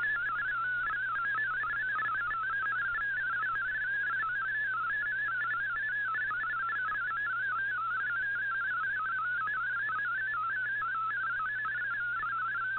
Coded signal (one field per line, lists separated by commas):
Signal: multi-tone FSK (Olivia or MFSK type)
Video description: Here is my decode of the Shortwave Radiogram broadcast today on 7780Khz shortwave radio at 2030UTC in MFSK32 and 64 and with 8 SSTV images